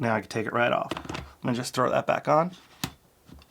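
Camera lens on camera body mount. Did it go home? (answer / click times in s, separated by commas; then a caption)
yes / 2.8 s, 3.4 s. A camera lens is put back onto the camera body mount and twisted until its bayonet locks onto the mount, while someone talks. Sharp clicks are heard at 2.8 s and 3.4 s, and the lens ends up seated and locked on the body.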